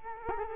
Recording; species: mosquito wingbeat signal from an infrared sensor; Culex quinquefasciatus